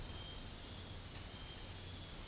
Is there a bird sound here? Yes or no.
no